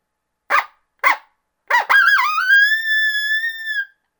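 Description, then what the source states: Coyote giving two short barks, then a brief yip leading into a sustained howl. Greeting howl.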